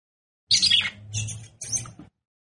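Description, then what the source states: Red-cowled cardinal making three harsh, high chattering bursts in quick succession, with a low rumbling noise beneath them. Female; behaviour described in Portuguese as "batendo fogo".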